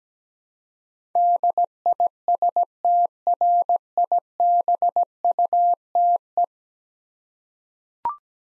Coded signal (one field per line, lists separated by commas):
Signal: Morse code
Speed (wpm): 17 wpm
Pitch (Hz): 700 Hz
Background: none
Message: DISTRIBUTE